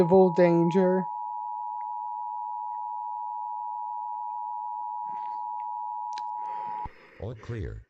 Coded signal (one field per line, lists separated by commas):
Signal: Emergency Alert System (SAME) tones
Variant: 853 and 960 Hz attention tone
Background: speech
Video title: Watching EAS Videos because yes